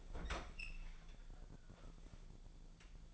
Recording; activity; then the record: daily activity, microphone in the room; open fridge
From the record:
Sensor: 5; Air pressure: 1000.2 hPa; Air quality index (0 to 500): 99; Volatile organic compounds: 1 ppm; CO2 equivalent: 803 ppm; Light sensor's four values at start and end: 245/581/250/275 and 250/592/254/280